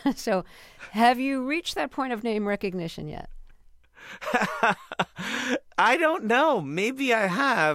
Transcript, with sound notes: So have you reached that point of name recognition yet?
(Laughter) I don't know. Maybe I have.